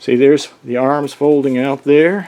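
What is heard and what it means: A folding arm on a small drone body is handled as it is unfolded toward its open detent while someone talks. The arm has not snapped into place yet, and nothing has seated or clicked by the end of the clip.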